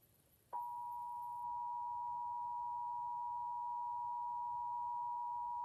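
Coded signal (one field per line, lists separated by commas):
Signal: Emergency Alert System (SAME) tones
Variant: 853 and 960 Hz attention tone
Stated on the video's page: Required Monthly Test aired on WPVI-TV, Pennsylvania.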